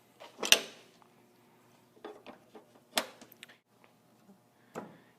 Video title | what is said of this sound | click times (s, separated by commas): AMP Research BedXTender HD Bed Extender Installation | clip in your strap latches | 0.5 s, 3.0 s